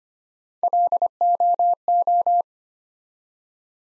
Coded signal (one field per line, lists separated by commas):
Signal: Morse code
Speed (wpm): 25 wpm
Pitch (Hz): 700 Hz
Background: none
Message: LOO